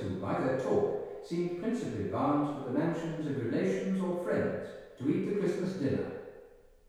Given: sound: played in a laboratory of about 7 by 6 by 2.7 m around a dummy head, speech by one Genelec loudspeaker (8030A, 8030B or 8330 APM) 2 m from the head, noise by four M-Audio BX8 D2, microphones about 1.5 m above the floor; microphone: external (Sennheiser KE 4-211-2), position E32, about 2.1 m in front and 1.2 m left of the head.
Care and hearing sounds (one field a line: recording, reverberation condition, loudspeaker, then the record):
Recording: male speech in English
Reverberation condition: high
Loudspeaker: 90 degrees to the left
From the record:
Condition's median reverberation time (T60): about 1300 ms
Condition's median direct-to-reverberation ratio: about -4.0 dB